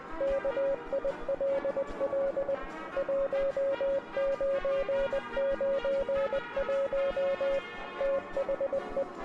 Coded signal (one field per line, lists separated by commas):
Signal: Morse code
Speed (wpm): 20 wpm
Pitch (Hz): 550 Hz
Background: music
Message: KILL 1991 THE